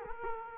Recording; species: mosquito wingbeat signal from an infrared sensor; Culex quinquefasciatus